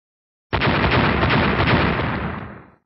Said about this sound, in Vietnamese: Liên tục bốn tiếng nổ, bốn người khổng lồ đất trước mặt Tô Minh tan vỡ hết.